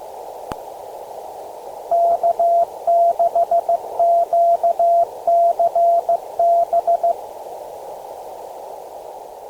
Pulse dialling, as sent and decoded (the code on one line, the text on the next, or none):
none